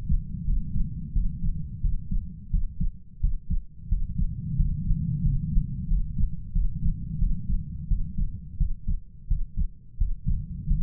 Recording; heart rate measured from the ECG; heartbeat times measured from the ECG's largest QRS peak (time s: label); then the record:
heart sounds by stethoscope; 88 bpm
0.45 s: heartbeat
1.13 s: heartbeat
1.81 s: heartbeat
2.50 s: heartbeat
3.20 s: heartbeat
3.88 s: heartbeat
4.56 s: heartbeat
5.22 s: heartbeat
5.88 s: heartbeat
6.52 s: heartbeat
7.19 s: heartbeat
7.88 s: heartbeat
8.57 s: heartbeat
9.27 s: heartbeat
9.97 s: heartbeat
10.67 s: heartbeat
From the record:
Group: healthy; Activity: rest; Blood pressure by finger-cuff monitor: 118/75 mmHg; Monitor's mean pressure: 90 mmHg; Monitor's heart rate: 88 bpm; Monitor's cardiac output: 7.3 L/min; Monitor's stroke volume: 83 mL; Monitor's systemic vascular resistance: 910 dyn s/cm5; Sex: male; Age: 33 years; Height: 179 cm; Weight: 80.4 kg